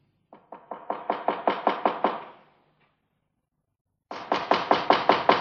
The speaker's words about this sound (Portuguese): Maninho, bate na porta.